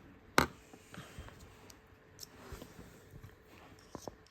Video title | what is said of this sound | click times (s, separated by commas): tokyo marui D.O.R upgrade | you'll feel it click in. | 0.4 s